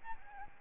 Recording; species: mosquito wingbeat signal from an infrared sensor; Aedes albopictus